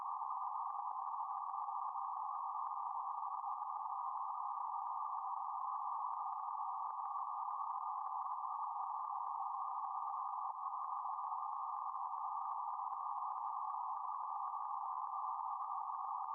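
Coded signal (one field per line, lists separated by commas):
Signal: PSK31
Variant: BPSK31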